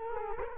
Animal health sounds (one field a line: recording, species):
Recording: mosquito wingbeat signal from an infrared sensor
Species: Culex quinquefasciatus